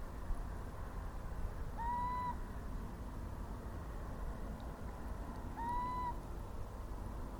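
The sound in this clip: Little owl giving two short, mewing notes about four seconds apart, over a constant low rumble.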